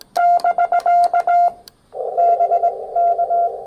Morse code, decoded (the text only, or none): <BK> BK